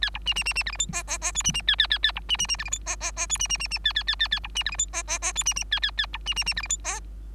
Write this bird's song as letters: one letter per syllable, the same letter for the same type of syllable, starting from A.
A B C C C C D E F G G G H C C A A A A B C C C D E F G G G H C C C C A A A A A B C D E F G G G H C C A A A B C C C D E F G